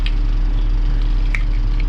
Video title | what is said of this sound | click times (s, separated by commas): We’re NEVER leaving our caravan again!! Mt Uncle / Cairns / DIY Jobs - 040 | they all click in place and then it looks pretty | 0.1 s, 1.4 s, 1.8 s